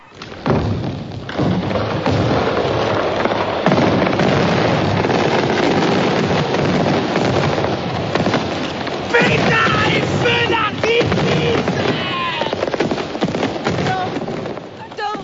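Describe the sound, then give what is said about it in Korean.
Festival fireworks thump and crackle in a dense, continuous barrage over a steady rushing roar, lighting up the night sky at a celebration of the 200th anniversary of the Revolution, with brief whistling tones and faint voices mixed in toward the end. “축제의 불꽃놀이가 화려하게 밤하늘을 수놓은 밤, 미셸은 알렉스에게 권총을 보여줍니다.”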